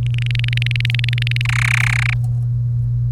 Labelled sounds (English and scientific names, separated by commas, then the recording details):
Domestic Canary (Serinus canaria) song
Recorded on 1 May 2018 at 09:30
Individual llb3